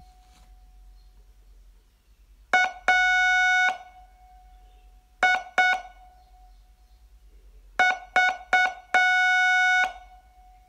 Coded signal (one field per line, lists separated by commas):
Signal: Morse code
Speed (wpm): 6 wpm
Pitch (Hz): 1470 Hz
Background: music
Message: AIV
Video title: Learn Morse in 42 Days from VU2LAU - day14